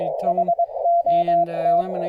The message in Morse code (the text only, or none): HOT